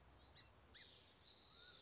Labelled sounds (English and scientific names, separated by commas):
Song Sparrow (Melospiza melodia)